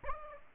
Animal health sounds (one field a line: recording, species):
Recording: mosquito wingbeat signal from an infrared sensor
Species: Aedes aegypti